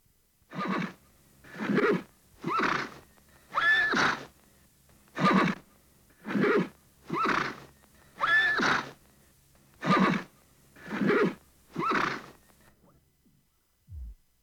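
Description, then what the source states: Horse whinnying in a series of about eleven short neighs, each under a second long, with brief pauses between. Agitated horse whinnying.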